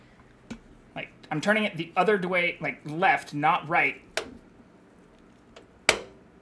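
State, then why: Seated. Someone talks while turning a PC build screw counterclockwise (left) in its threaded hole in a PC case or motherboard mount before driving it, to line up the threads and avoid cross-threading. After a few faint ticks, a sharp tap rings out at 5.9 s as the thread drops into its start position, showing the threads are seated and lined up.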